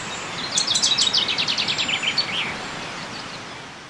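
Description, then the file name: Common chaffinch song: one phrase of quick, bright notes tumbling downward and ending in a short flourish, followed by quiet background noise. "Fringilla coelebs"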